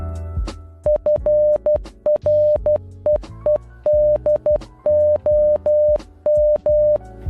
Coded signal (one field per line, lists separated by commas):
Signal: Morse code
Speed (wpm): 12 wpm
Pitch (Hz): 600 Hz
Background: music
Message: FREEDOM